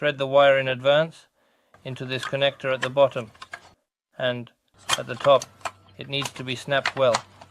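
Someone talks while a plastic relay cover and wire clamp are fitted over the start relay connector on the compressor of a refrigerator that is not cooling, with the wire threaded into the connector so the cover fits tightly and is not loose. Nothing has seated or clicked yet; the clip is still being handled.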